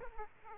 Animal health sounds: mosquito wingbeat signal from an infrared sensor; Aedes aegypti

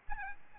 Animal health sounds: mosquito wingbeat signal from an infrared sensor; Aedes albopictus

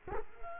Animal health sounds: mosquito wingbeat signal from an infrared sensor; Culex quinquefasciatus

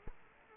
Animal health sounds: mosquito wingbeat signal from an infrared sensor; Culex quinquefasciatus

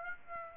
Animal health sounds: mosquito wingbeat signal from an infrared sensor; Aedes aegypti

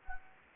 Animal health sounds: mosquito wingbeat signal from an infrared sensor; Anopheles gambiae

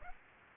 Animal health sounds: mosquito wingbeat signal from an infrared sensor; Aedes aegypti

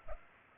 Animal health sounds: mosquito wingbeat signal from an infrared sensor; Culex pipiens

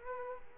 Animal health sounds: mosquito wingbeat signal from an infrared sensor; Culex quinquefasciatus

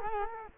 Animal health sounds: mosquito wingbeat signal from an infrared sensor; Culex quinquefasciatus

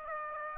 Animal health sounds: mosquito wingbeat signal from an infrared sensor; Aedes aegypti

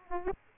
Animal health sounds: mosquito wingbeat signal from an infrared sensor; Aedes aegypti

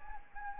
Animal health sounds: mosquito wingbeat signal from an infrared sensor; Anopheles gambiae

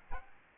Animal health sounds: mosquito wingbeat signal from an infrared sensor; Aedes aegypti

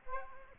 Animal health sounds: mosquito wingbeat signal from an infrared sensor; Aedes aegypti

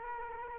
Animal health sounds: mosquito wingbeat signal from an infrared sensor; Culex quinquefasciatus

